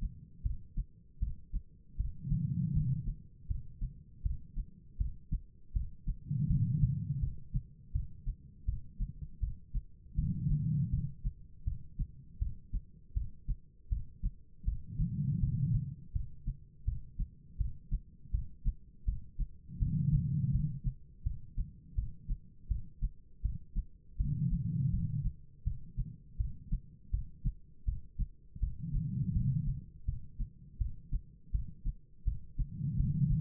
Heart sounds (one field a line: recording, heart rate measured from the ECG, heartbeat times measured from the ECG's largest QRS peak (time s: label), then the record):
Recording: heart sounds by stethoscope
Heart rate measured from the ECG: 81 bpm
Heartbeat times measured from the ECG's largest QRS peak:
0.43 s: heartbeat
1.19 s: heartbeat
1.97 s: heartbeat
2.73 s: heartbeat
3.47 s: heartbeat
4.23 s: heartbeat
4.98 s: heartbeat
5.73 s: heartbeat
6.47 s: heartbeat
7.20 s: heartbeat
7.92 s: heartbeat
8.65 s: heartbeat
9.40 s: heartbeat
10.15 s: heartbeat
10.90 s: heartbeat
11.64 s: heartbeat
12.39 s: heartbeat
13.14 s: heartbeat
13.89 s: heartbeat
14.65 s: heartbeat
15.40 s: heartbeat
16.13 s: heartbeat
16.85 s: heartbeat
17.58 s: heartbeat
18.31 s: heartbeat
19.05 s: heartbeat
19.79 s: heartbeat
20.52 s: heartbeat
21.23 s: heartbeat
21.95 s: heartbeat
22.68 s: heartbeat
23.42 s: heartbeat
24.17 s: heartbeat
24.91 s: heartbeat
25.64 s: heartbeat
26.37 s: heartbeat
27.11 s: heartbeat
27.85 s: heartbeat
28.60 s: heartbeat
29.33 s: heartbeat
30.05 s: heartbeat
30.78 s: heartbeat
31.52 s: heartbeat
32.24 s: heartbeat
32.97 s: heartbeat
From the record:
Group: healthy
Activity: cold pressor test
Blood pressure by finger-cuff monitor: 172/113 mmHg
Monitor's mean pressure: 135 mmHg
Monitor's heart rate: 81 bpm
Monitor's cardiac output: 4.8 L/min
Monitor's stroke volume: 60 mL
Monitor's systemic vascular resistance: 2100 dyn s/cm5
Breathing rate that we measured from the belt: 14 breaths a minute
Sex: female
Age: 51 years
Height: 162 cm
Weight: 70.04 kg